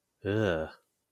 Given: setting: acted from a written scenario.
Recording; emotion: vocal sound without words; disgust